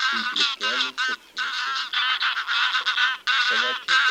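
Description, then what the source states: Greylag goose: flock of greylag geese giving loud, overlapping nasal honks in nearly continuous clamour, broken by short gaps. A flock of wild greylag geese calling together in a noisy gathering.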